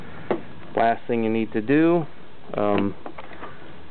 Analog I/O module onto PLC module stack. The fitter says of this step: Also, your analog board, again, snug it together, snap it down.